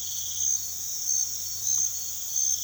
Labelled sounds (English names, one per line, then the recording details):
none
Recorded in pastures near Puerto Asís, Putumayo, Colombia, on 21 March 2025 at 03:00
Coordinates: 0.487, -76.322
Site G077